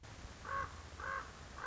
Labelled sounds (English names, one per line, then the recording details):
Common Raven
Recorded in Sonoma County, California